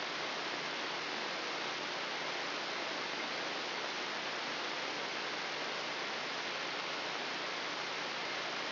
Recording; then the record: brain microelectrode recording played as sound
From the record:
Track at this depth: inside the subthalamic nucleus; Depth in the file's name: 3.108 mm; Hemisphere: left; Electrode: 3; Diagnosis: Parkinson's disease